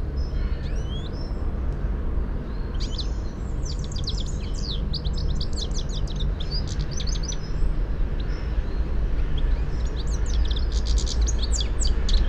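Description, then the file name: European goldfinch twittering calls, quick tinkling notes in clustered bursts after a quieter start, with constant low-frequency background noise. "Carduelis carduelis"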